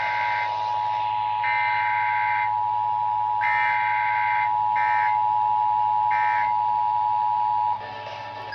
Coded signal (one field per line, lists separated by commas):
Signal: Emergency Alert System (SAME) tones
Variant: 853 and 960 Hz attention tone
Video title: EAS Compilation: Satanic Severity (8/31/24) EAS 2600-2650